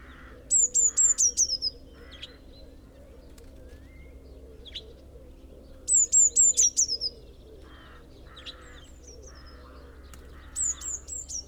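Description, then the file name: Eurasian blue tit giving quick runs of thin, high-pitched falling notes, three bursts spaced several seconds apart, with lower buzzy notes at times. "Cyanistes caeruleus"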